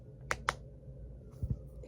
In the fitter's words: Hear those clicks? You can hear them.